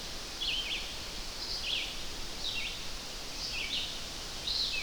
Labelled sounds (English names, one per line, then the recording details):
Red-eyed Vireo song
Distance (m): 40 m
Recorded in boreal forest in Alberta, Canada, on 12 June 2016 at 05:50
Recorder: SongMeter 3, array SBT-3-18
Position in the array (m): 233 m, 102 m